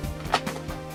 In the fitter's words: They lock in place here, and this one also locks in place.